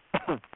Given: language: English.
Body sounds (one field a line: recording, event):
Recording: throat vibration sensor signal played as sound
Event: cough